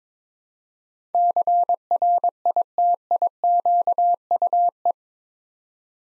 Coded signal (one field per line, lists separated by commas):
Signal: Morse code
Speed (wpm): 22 wpm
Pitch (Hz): 700 Hz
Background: none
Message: CRITIQUE